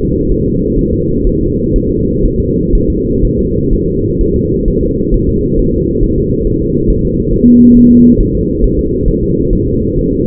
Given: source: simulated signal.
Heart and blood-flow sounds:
fetal heart sounds
0.32 s: S1
0.46 s: S2
0.79 s: S1
0.93 s: S2
1.27 s: S1
1.41 s: S2
1.76 s: S1
1.90 s: S2
2.25 s: S1
2.40 s: S2
2.75 s: S1
2.90 s: S2
3.25 s: S1
3.39 s: S2
3.73 s: S1
3.88 s: S2
4.21 s: S1
4.36 s: S2
4.68 s: S1
4.83 s: S2
5.14 s: S1
5.29 s: S2
5.59 s: S1
5.74 s: S2
6.04 s: S1
6.18 s: S2
6.47 s: S1
6.62 s: S2
6.90 s: S1
7.05 s: S2
7.34 s: S1
7.48 s: S2
7.77 s: S1
7.92 s: S2
8.21 s: S1
8.35 s: S2
8.64 s: S1
8.79 s: S2
9.08 s: S1
9.23 s: S2
9.53 s: S1
9.67 s: S2
9.99 s: S1
10.13 s: S2
From the record:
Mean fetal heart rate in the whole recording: 130 bpm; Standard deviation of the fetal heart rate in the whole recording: 4 bpm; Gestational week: 38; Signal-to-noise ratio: -10.2 dB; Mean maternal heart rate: 72 bpm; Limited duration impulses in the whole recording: present

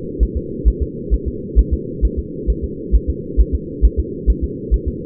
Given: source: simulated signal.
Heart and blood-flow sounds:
fetal heart sounds
0.23 s: S1
0.37 s: S2
0.68 s: S1
0.82 s: S2
1.14 s: S1
1.28 s: S2
1.59 s: S1
1.74 s: S2
2.05 s: S1
2.19 s: S2
2.50 s: S1
2.64 s: S2
2.95 s: S1
3.10 s: S2
3.40 s: S1
3.55 s: S2
3.85 s: S1
4.00 s: S2
4.30 s: S1
4.44 s: S2
4.74 s: S1
4.88 s: S2
From the record:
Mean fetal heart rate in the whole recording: 135 bpm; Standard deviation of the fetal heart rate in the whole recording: 3 bpm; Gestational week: 34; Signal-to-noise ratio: -4.1 dB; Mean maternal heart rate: no maternal heart sound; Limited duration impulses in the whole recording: absent

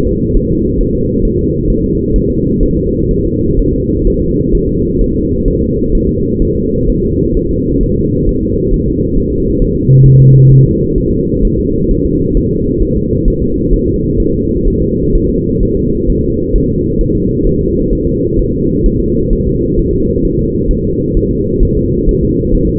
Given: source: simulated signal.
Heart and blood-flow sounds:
fetal heart sounds
0.07 s: S2
0.37 s: S1
0.51 s: S2
0.81 s: S1
0.95 s: S2
1.25 s: S1
1.39 s: S2
1.70 s: S1
1.84 s: S2
2.16 s: S1
2.30 s: S2
2.63 s: S1
2.77 s: S2
3.11 s: S1
3.25 s: S2
3.59 s: S1
3.74 s: S2
4.07 s: S1
4.22 s: S2
4.55 s: S1
4.69 s: S2
5.02 s: S1
5.16 s: S2
5.48 s: S1
5.62 s: S2
5.95 s: S1
6.09 s: S2
6.42 s: S1
6.56 s: S2
6.90 s: S1
7.04 s: S2
7.37 s: S1
7.51 s: S2
7.83 s: S1
7.98 s: S2
8.29 s: S1
8.43 s: S2
8.74 s: S1
8.88 s: S2
9.18 s: S1
9.32 s: S2
9.62 s: S1
9.76 s: S2
10.06 s: S1
10.21 s: S2
10.52 s: S1
10.66 s: S2
10.98 s: S1
11.12 s: S2
11.45 s: S1
11.59 s: S2
11.91 s: S1
12.05 s: S2
12.37 s: S1
12.51 s: S2
12.82 s: S1
12.97 s: S2
13.28 s: S1
13.42 s: S2
13.74 s: S1
13.88 s: S2
14.20 s: S1
14.34 s: S2
14.68 s: S1
14.82 s: S2
15.15 s: S1
15.30 s: S2
15.63 s: S1
15.77 s: S2
16.10 s: S1
16.24 s: S2
16.56 s: S1
16.70 s: S2
17.01 s: S1
17.15 s: S2
17.47 s: S1
17.61 s: S2
17.93 s: S1
18.07 s: S2
18.39 s: S1
18.54 s: S2
18.86 s: S1
19.00 s: S2
19.33 s: S1
19.47 s: S2
19.79 s: S1
19.93 s: S2
20.25 s: S1
20.39 s: S2
20.71 s: S1
20.85 s: S2
21.17 s: S1
21.31 s: S2
21.63 s: S1
21.77 s: S2
22.09 s: S1
22.23 s: S2
22.55 s: S1
22.69 s: S2
From the record:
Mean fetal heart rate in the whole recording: 130 bpm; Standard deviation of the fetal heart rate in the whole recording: 4 bpm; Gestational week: 38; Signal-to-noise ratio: -14.7 dB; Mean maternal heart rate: 72 bpm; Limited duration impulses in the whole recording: present

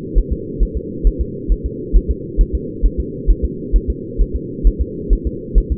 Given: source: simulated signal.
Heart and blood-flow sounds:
fetal heart sounds
0.18 s: S1
0.32 s: S2
0.63 s: S1
0.77 s: S2
1.07 s: S1
1.21 s: S2
1.52 s: S1
1.66 s: S2
1.96 s: S1
2.11 s: S2
2.41 s: S1
2.55 s: S2
2.86 s: S1
3.00 s: S2
3.30 s: S1
3.45 s: S2
3.76 s: S1
3.90 s: S2
4.21 s: S1
4.36 s: S2
4.67 s: S1
4.81 s: S2
5.13 s: S1
5.27 s: S2
5.58 s: S1
5.72 s: S2
From the record:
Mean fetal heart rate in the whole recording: 135 bpm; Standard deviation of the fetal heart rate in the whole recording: 3 bpm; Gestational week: 36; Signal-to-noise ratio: -4.1 dB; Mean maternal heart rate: no maternal heart sound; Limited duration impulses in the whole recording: absent

